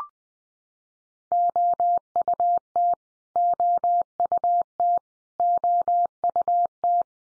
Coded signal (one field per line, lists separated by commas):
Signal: Morse code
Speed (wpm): 20 wpm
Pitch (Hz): 700 Hz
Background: none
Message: OUT OUT OUT